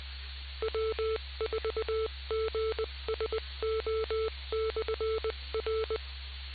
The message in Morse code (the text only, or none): W4GSO/R